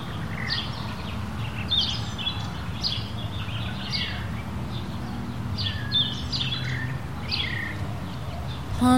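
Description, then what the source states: Birds give scattered high chirps and twitters in loose bursts, a few lower whistled notes between, over continuous low-pitched wind. Countryside in Mexico, daytime, windy conditions.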